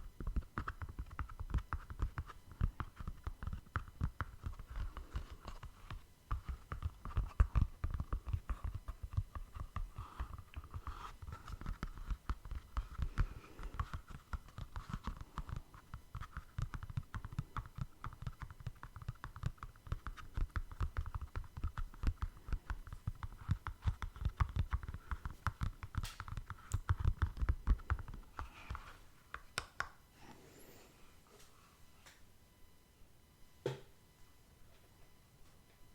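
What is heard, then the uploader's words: Fast, dense tapping with soft low thuds runs steadily for about the first half minute, then stops abruptly near the 29-second mark. After that only a few scattered clicks remain, one sharper knock near 34 seconds. A faint steady whine sits underneath throughout. Tapping No Talking.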